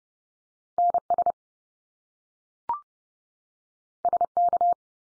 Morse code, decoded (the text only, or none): NS SK